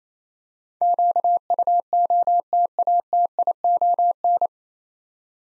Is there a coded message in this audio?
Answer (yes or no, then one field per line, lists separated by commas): yes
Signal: Morse code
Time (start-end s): 0.8-4.5 s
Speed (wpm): 28 wpm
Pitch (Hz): 700 Hz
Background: none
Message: QUOTATION